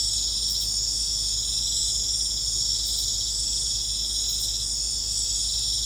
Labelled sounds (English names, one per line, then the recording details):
none
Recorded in secondary vegetation near Puerto Asís, Putumayo, Colombia, on 20 December 2024 at 19:30
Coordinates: 0.499, -76.323
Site G010